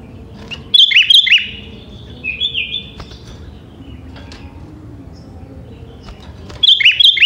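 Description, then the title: Sooty-headed bulbul singing three bursts of quick, chirpy, liquid notes separated by quiet pauses. "Kutilang"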